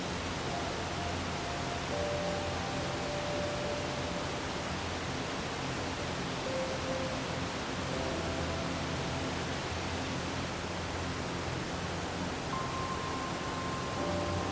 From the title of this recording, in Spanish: Una relajante CASCADA y MÚSICA